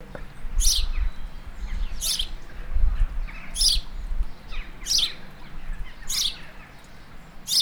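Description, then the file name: House sparrow giving repeated sharp chirps about every one to one and a half seconds over a low rumbling background. "Passer domesticus"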